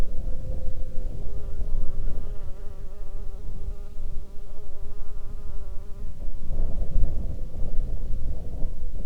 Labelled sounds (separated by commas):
insects